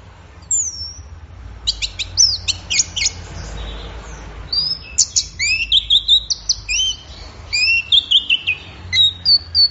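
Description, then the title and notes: Orange-headed thrush song: bursts of high, varied whistled phrases and rapid trills, some sweeping downward, in quick clusters with short pauses; faint low background hum. Bird in full, vigorous song (gacor, teler), offered as a track for training songbirds; offline collection. "Anis Merah Gacor Teler Untuk. Kumpulan Suara Burung Anis Offline"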